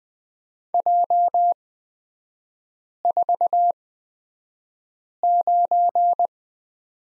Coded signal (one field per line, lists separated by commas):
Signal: Morse code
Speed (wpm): 20 wpm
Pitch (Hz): 700 Hz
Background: none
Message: J49